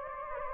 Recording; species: mosquito wingbeat signal from an infrared sensor; Anopheles gambiae